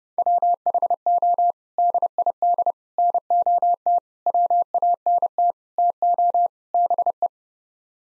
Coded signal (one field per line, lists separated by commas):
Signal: Morse code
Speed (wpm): 30 wpm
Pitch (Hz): 700 Hz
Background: none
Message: WHO DID NOT WANT TO BE